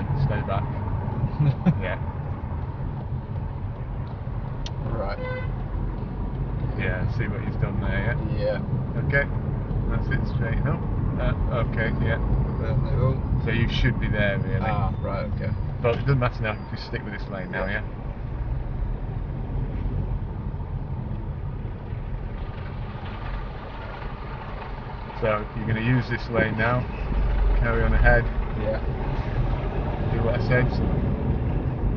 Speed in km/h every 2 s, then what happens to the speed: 15, 13, 16, 19, 23, 26, 5, 8, 10, 15, 11, 5, 0, 6, 16, 24.
3-11 speeds up to 26. 11-13 brakes to 5. 13-19 steady at about 10. 19-24 slows to 0. 24-32 pulls away to 24.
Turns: 3-10.